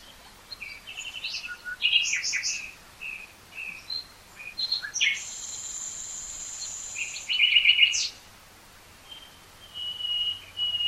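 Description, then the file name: Common nightingale song of varied chirps and trills, with a long sustained high whistle midway, then quieter whistled notes. "Luscinia megarhynchos"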